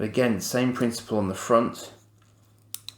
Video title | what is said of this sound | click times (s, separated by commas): PB-72 and 73 Popy God Phenix "from" Battle of the Planets Unboxing - Retro Toy Review - Italian Jobs | Clicks into place like that, and again a launcher on the front there, | 2.7 s, 2.9 s